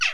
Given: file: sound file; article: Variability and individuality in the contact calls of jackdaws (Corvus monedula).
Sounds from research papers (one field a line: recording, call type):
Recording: jackdaw call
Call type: noisy